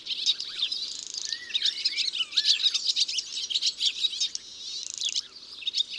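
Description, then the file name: European serin song, dense high-pitched glassy jingles in rapid bursts, with lower slurred whistles mixed in. "Serin cini ABC des chants doiseaux"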